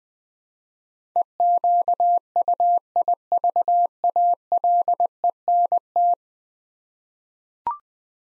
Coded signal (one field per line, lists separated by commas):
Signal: Morse code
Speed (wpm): 20 wpm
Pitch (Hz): 700 Hz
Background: none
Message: EQUIVALENT